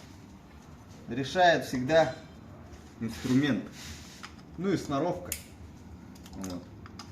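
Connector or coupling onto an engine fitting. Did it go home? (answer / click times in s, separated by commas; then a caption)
no / none. During engine work on a Toyota Alpha, a connector or coupling is handled onto an engine fitting while someone talks, with a few faint handling taps toward the end. Nothing has seated or clicked yet; the clip ends just before the part goes home.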